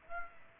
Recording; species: mosquito wingbeat signal from an infrared sensor; Aedes aegypti